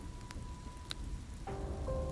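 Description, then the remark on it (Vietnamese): Heavy storm rain pours in a steady, dense hiss with scattered sharp drops, while a thin sustained tone runs underneath and a lower humming tone joins partway through. “Mưa rít gào ầm ĩ, con rừng cây đột nhiên rung lên như có cả trăm con khỉ chuyền cành.”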